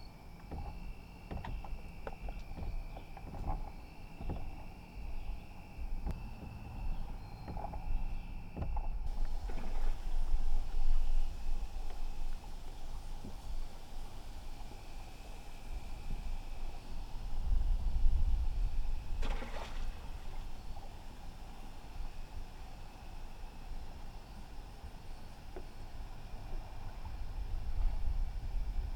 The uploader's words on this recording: Water Touching Gently A Small Dock at Night. Original sounds of water touching a small dock gently in the late afternoon.